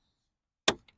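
A plastic tail light fitting (clip or connector) is pushed into the car body or lamp housing by hand while the clear white V3 tail light is held, during installation on a 2018-2022 Honda Accord sedan. After near silence, a loud, sharp, broadband click at 0.7 s is followed by a much fainter, short click at 0.9 s. The two clicks confirm that the fitting has seated in place.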